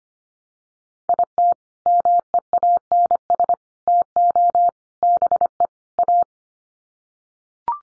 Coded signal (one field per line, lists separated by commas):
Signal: Morse code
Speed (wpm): 25 wpm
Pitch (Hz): 700 Hz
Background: none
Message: IT MEANS TO BE A